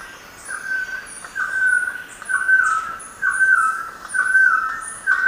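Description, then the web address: Golden-headed quetzal calls: mellow whistled notes held steady, repeated about once a second, with thin high chirps from other birds or insects above. Ecuador, South America. "Natures Songs S America Birds of Ecuador Golden-headed Quetzal"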